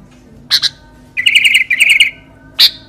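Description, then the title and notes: Sooty-headed bulbul chatter: two sharp chirps, then a fast buzzy rattle of repeated notes, ending with one more sharp chirp. Recording meant as masteran, a tutor recording for training other songbirds. "suara burung kutilang buat masteran"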